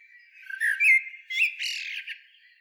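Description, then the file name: Common blackbird singing a short fluted warble that breaks into a burst of high, squeaky twittering notes near the end. "Turdus merula"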